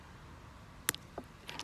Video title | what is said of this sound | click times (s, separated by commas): Korda basix- simple carp fishing | small click you know that's now in place | 0.9 s